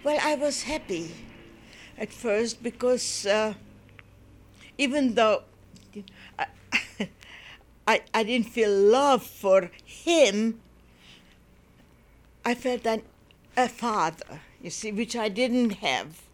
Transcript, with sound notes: I was happy at first because even though --. ( she laughs ) I didn't feel love for him, I felt that -- a father, you see, which I didn't have.